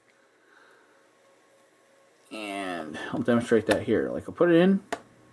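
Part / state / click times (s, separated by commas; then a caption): small machine screw into threaded hole of a metal tuner enclosure / not seated / none. A small machine screw is being handled at the threaded hole of a small antenna tuner's metal enclosure, about to be turned backwards until the thread start drops in, to prevent cross-threading. Only faint quiet handling is heard before someone talks from about 2.3 s to the end. Nothing has clicked or seated yet.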